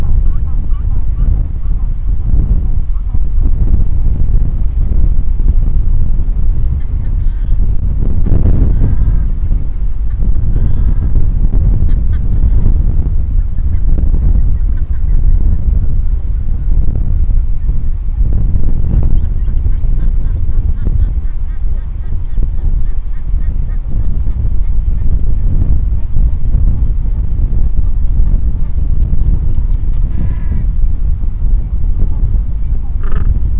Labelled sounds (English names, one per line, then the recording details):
Gentoo Penguin
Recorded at the colony at Isla Martillo, on 8 December 2015
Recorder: Song Meter SM2+